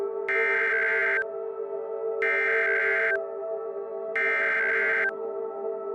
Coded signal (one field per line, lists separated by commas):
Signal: Emergency Alert System (SAME) tones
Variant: header bursts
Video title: Decimation - EAS SCENARIO